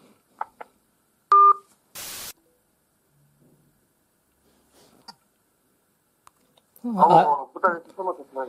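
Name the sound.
phone keypad tones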